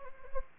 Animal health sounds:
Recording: mosquito wingbeat signal from an infrared sensor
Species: Anopheles gambiae

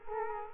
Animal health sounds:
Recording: mosquito wingbeat signal from an infrared sensor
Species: Culex quinquefasciatus

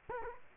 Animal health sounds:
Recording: mosquito wingbeat signal from an infrared sensor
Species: Culex quinquefasciatus

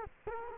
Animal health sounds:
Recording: mosquito wingbeat signal from an infrared sensor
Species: Culex quinquefasciatus

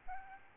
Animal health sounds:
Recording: mosquito wingbeat signal from an infrared sensor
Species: Aedes albopictus

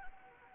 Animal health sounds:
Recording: mosquito wingbeat signal from an infrared sensor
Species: Anopheles arabiensis

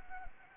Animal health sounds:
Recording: mosquito wingbeat signal from an infrared sensor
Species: Anopheles gambiae

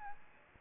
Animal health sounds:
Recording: mosquito wingbeat signal from an infrared sensor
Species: Aedes albopictus

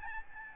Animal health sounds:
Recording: mosquito wingbeat signal from an infrared sensor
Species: Aedes albopictus

